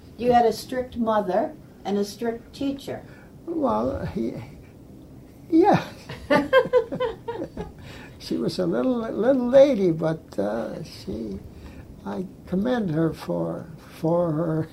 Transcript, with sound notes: You had a strict mother and a strict teaher.
Well he -- Yeah. (both laugh) She was a little -- little lady but ah she -- I commend her for for her -- ah